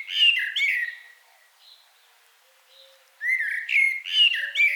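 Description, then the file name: Common blackbird giving quick chirpy, twittering notes in two clusters separated by a quiet gap of about two seconds. "Turdus merula"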